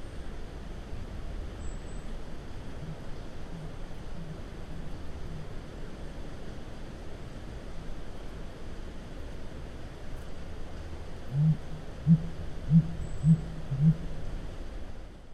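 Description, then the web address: Blue grouse deep hoots: a run of five low, muffled notes about half a second apart near the end. North America. "Songs of Birds of North America. Blue Grouse"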